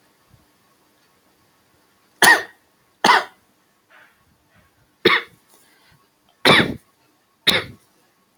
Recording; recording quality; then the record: heavy voluntary cough; excellent, no background noise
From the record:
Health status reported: healthy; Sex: male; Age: 22 years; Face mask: not worn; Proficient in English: yes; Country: India